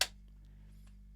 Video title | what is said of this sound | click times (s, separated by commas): How To Swap The Battery On A Makita Cordless Drill (Quick & Easy Guide) | you want to hear that click, and | 0.0 s